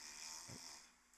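A single brief, low rumbling snore rises out of steady background hiss: an adult man asleep on a couch after drinking alcohol, snoring ridiculously loud and too deeply asleep to be woken even by screaming.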